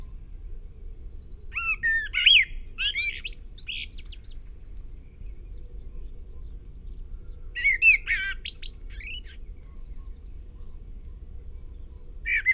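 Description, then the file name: Common blackbird song, mellow warbles giving way to strained high squeaky twitters, two phrases about six seconds apart and the start of a third. "Turdus merula"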